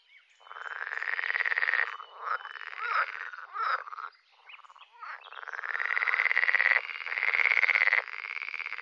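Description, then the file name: Frog croaks in rattling, nasal bursts, starting with short broken notes and then longer sustained calls in the second half. "grenouille de lessona"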